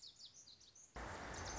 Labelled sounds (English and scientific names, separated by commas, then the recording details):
Lazuli Bunting (Passerina amoena)
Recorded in Sonoma County, California